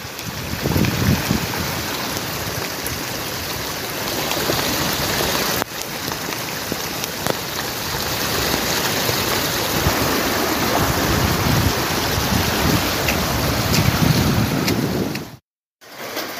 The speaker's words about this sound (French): Bon, ça fait 2 heures que je suis parti, 1h30 qu'il pleut, en continu. Là, je me suis foutu sous un abri de bus, c'est la première fois que je suis un peu à l'abri. Ouais, c'est assez violent quand même.